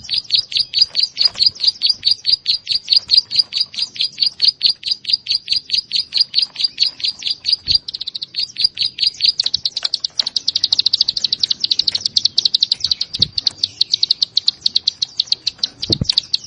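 Prinia song: long fast series of high, sharp repeated notes, steady at first, then denser and more rapid from about the tenth second.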